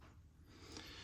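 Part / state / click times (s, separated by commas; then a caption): slide backplate into pistol slide / not seated / none. A custom metal Classy Raptor Tactical backplate is being slid into the rear of a Glock 19 pistol slide, where a snap home would show it is fully in and installed correctly. Low, steady scraping and handling noise builds into a brighter broadband rustle toward the end, with no sharp transients. Nothing has seated or clicked yet.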